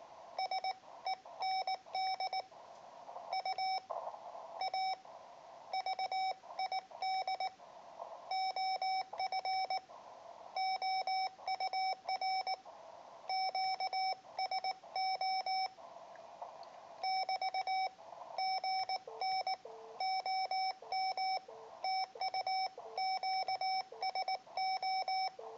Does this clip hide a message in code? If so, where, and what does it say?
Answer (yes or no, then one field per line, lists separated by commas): yes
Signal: Morse code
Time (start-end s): 0.4-25.3 s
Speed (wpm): 19 wpm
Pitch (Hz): 760 Hz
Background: none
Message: SEND U A VID OF OUR QSO <BT> GN OM TU QSO